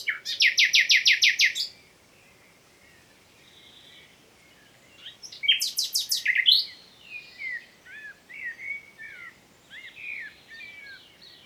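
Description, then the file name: Common nightingale song: a loud series of repeated notes, then a pause, a fast buzzy trill and varied chirping phrases. "Luscinia megarhynchos"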